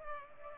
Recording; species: mosquito wingbeat signal from an infrared sensor; Culex pipiens